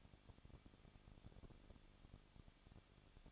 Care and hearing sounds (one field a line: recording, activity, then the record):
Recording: daily activity, microphone in the room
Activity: no activity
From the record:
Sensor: 4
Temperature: 23.1 degrees Celsius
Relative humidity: 34.3%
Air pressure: 1007.2 hPa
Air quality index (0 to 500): 215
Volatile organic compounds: 15 ppm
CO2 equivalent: 2490 ppm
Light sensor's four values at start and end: 2/3/1/1 and 2/3/1/1